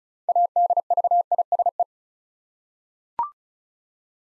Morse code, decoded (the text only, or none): ADVISE